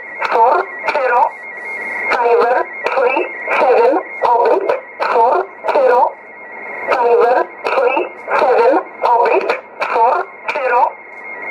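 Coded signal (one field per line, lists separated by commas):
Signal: numbers station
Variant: E11 Oblique, English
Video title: 28 02 2018 E11 Oblique Numbers station in English to Eu 0900 on 9446 unknown tx site in USB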